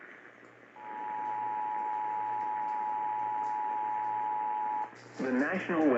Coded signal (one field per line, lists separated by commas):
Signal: Emergency Alert System (SAME) tones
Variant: 853 and 960 Hz attention tone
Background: speech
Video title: Some more WWL... things (o yea and a dog is there) | EAS #58-60 (Flash Flood Warnings from 2/8/2023)